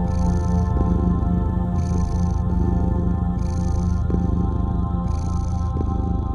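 Domestic cat purring steadily, a deep continuous rumble with hissy breath phases roughly every one and a half seconds, a soft tonal hum beneath.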